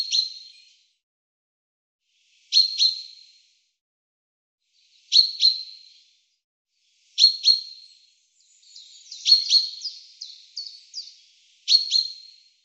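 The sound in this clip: Bird repeating sharp, high, downward chip calls every few seconds, with a short series of quick descending notes near the end; otherwise silent background.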